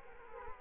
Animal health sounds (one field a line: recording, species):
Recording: mosquito wingbeat signal from an infrared sensor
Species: Culex quinquefasciatus